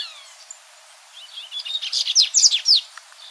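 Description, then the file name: Dubois's seedeater singing, starting with faint high notes that build into a quick, loud burst of sharp chirps and down-slurred whistles near the end. "Canto do Papa capim de costas cinzas"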